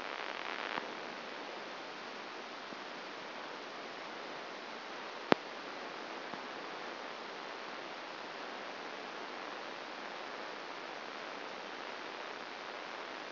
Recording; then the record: brain microelectrode recording played as sound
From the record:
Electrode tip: outside the subthalamic nucleus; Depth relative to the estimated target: 4 mm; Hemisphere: left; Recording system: AlphaMap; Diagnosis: Parkinson's disease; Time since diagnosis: 9 years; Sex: male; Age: 68 years